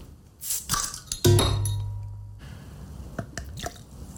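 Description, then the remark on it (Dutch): A bottle clinks against a glass, then liquid pours in a steady ringing stream for about a second before stopping. A few soft clicks and small wet drips follow. “Je had echt een soort gloek, gloek, gloek.”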